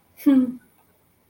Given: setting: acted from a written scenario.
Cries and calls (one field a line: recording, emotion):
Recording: vocal sound without words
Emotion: pride